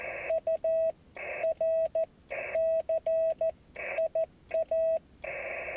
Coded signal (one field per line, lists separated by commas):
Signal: Morse code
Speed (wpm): 14 wpm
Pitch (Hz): 650 Hz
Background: radio noise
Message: URCIA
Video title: QSO CW QRP